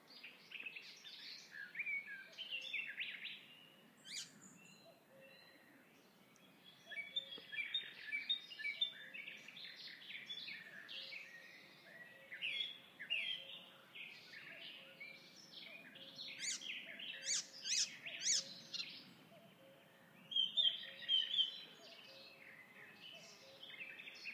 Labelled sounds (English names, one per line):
Icterine Warbler song